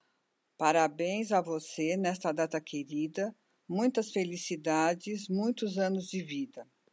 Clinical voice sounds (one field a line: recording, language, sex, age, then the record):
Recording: short text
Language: Brazilian Portuguese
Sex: female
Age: 60 to 69 years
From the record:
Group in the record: control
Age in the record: 62 years